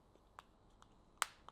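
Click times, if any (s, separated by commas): 1.2 s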